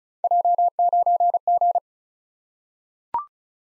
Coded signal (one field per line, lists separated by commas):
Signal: Morse code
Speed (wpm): 36 wpm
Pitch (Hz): 700 Hz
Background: none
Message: J9G